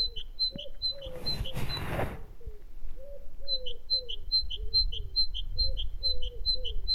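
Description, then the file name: Great tit song of rapid repeated two-note phrases, interrupted by a brief noisy burst, with a series of lower notes underneath. "Parus major"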